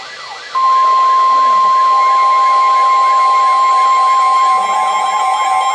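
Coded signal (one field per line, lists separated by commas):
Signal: Emergency Alert System (SAME) tones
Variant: 1050 Hz attention tone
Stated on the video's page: Real EAS alerts for a severe thunderstorm warning and a special marine warning, received from weather radio station KWO35.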